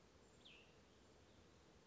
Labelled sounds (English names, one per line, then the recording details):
Cassin's Vireo
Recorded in Sonoma County, California